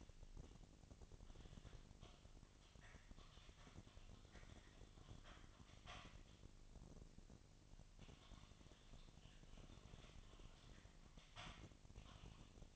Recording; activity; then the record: daily activity, microphone in the room; typing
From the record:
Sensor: 4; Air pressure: 1000.0 hPa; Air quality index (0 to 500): 230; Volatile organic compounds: 30 ppm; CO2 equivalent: 2967 ppm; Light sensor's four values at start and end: 9/21/8/8 and 9/21/8/8